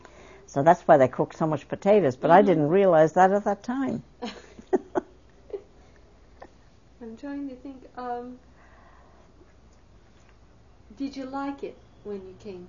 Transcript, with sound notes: So that's why they cooked so much potatoes. But I didn't realize that at that time. (They laugh.)
I'm trying to think, uh, did you like it when you came here?